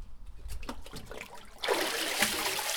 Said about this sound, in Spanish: Lo vamos a meter vertical. Le vamos a dar la vuelta abajo y lo vamos a sacar deprisa. Y así el agua nos va a escurrir a través de la malla y nos vamos a quedar con las fibras.